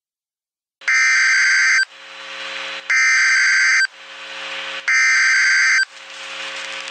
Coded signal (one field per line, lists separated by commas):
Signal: Emergency Alert System (SAME) tones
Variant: header bursts